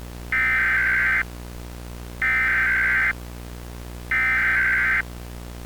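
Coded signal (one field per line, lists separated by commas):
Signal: Emergency Alert System (SAME) tones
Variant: header bursts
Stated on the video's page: Mock EAS Law Enforcement Warning, not a real alert.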